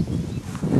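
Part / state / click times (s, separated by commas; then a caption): retaining pin into bicycle brake caliper housing / not seated / none. A metal brake pad retaining pin is handled with needle-nose pliers at its housing on a bicycle brake caliper. Only a soft, low rumbling handling noise is heard, with no sharp transients. Nothing has seated or clicked yet.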